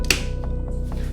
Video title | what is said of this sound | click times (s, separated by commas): My new Favorite Dinosaur figure. Giganotosaurus is AMAZING! - Shooting & Reviewing | click. Very nice. Very nice. | 0.1 s